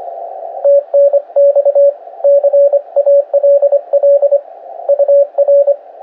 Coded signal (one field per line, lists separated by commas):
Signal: Morse code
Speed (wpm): 26 wpm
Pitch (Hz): 560 Hz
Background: radio noise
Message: TNX CALL UR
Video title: Basic QSO at 26wpm on 7 MHz | PA7JWC DE SQ5VCO